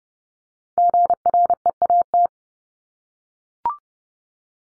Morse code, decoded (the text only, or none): GREAT